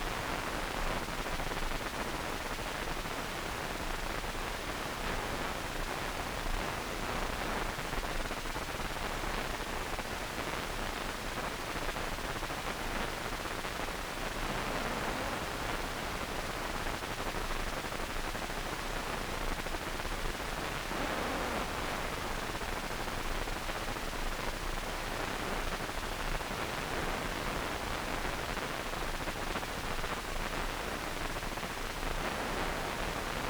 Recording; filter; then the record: brain microelectrode recording played as sound; wide band, above 20 Hz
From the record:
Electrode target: subthalamic nucleus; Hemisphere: right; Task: reaching with the left hand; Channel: 2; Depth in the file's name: 1.506 mm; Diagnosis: Parkinson's disease